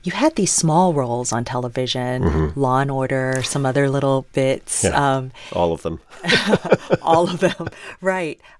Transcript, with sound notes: You had these small roles on television, "Law & Order," some other little bits.
Yeah, all of them (laughter).
All of them, right.